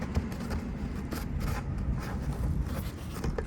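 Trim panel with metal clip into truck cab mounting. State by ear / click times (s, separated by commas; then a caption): not seated / none. A trim piece with a metal clip, for an F1-style third brake light on a third-generation Tacoma, is held up and lined up against the truck cab mounting. Scraping and handling sounds run throughout over a low rumble, with a few brief ticks near the end. Nothing has snapped or clicked into place yet.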